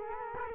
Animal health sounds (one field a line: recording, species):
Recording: mosquito wingbeat signal from an infrared sensor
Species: Culex quinquefasciatus